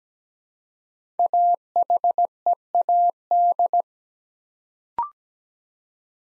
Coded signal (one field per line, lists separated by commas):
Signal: Morse code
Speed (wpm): 17 wpm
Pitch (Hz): 700 Hz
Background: none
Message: AHEAD